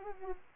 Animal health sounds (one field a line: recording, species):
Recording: mosquito wingbeat signal from an infrared sensor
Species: Anopheles arabiensis